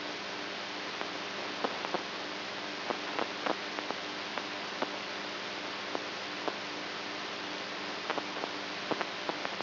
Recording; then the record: brain microelectrode recording played as sound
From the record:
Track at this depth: outside the subthalamic nucleus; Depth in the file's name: 7.105 mm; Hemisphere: right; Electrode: 3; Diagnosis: Parkinson's disease